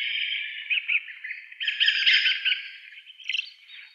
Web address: Schulze Peter Dusky Thrush calls